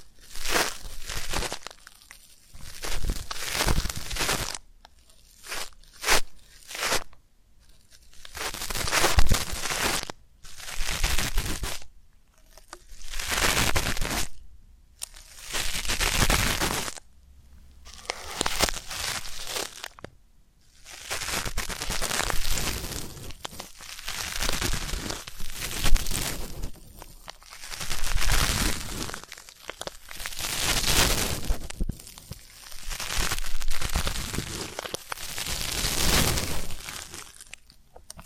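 ASMR ear canal and eardrum cleaning sounds come as bursts of crinkling, rustling scratches, each lasting one to three seconds, separated by brief silences. The noise is bright and hissy, fluctuating in loudness, with occasional quick taps and crunchy tearing textures throughout.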